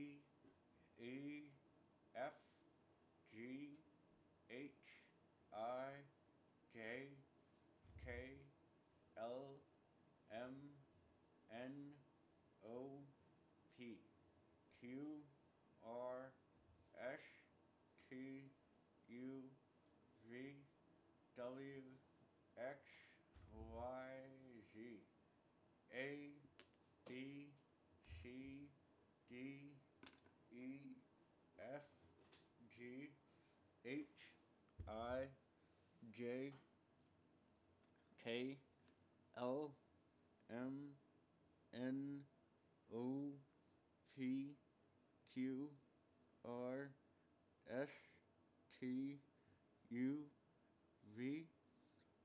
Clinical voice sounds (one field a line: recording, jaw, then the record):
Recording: letters of the alphabet, spoken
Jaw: constrained by a bite bar between the teeth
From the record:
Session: first day, right after the free take